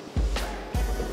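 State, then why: Not seated. A plastic insertion aid is fitted by hand into a door opening of a Spelsberg GEOS-S electrical enclosure, and nothing has seated or clicked yet. Dull handling thumps with low rumble come at about 0.2 s and 0.7 s over a steady music bed, with a brief sharper sound near 1.1 s as the clip ends.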